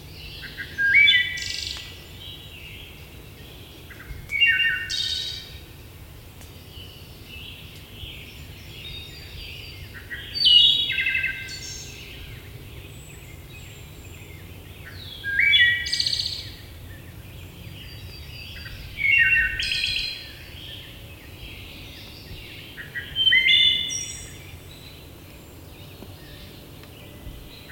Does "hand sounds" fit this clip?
no